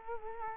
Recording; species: mosquito wingbeat signal from an infrared sensor; Culex quinquefasciatus